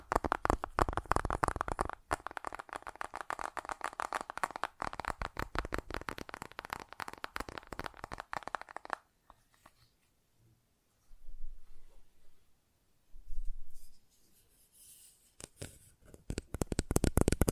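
Fast tapping runs in a dense, rapid stream of sharp clicks for the first nine seconds, bright and crisp with a slight scratchy edge. It then breaks into sparse, softer taps with short quiet gaps and low thuds, before quick bright taps return near the end.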